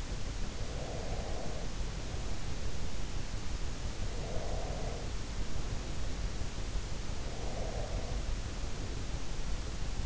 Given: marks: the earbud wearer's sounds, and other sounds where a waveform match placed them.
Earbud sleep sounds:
sounds in sleep by an in-ear microphone; breath
0.61-2.86 s: breath
4.06-6.59 s: breath
7.32-10.06 s: breath

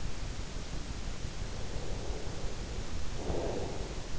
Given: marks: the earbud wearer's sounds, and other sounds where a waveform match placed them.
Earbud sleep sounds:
sounds in sleep by an in-ear microphone; breath
1.47-3.96 s: breath

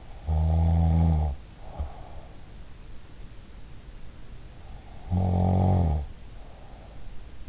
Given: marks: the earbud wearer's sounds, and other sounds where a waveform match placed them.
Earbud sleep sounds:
sounds in sleep by an in-ear microphone; snoring breath
0.13-2.77 s: snoring breath
5.01-7.49 s: snoring breath

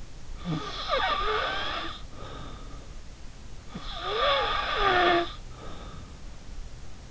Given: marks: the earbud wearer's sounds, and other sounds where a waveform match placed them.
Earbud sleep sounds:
sounds in sleep by an in-ear microphone; snoring breath
0.36-2.96 s: snoring breath
3.68-6.17 s: snoring breath

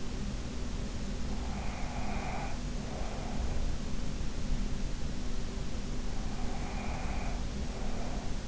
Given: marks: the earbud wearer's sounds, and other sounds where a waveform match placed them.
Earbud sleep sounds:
sounds in sleep by an in-ear microphone; breath
1.13-3.73 s: breath
6.20-8.48 s: breath

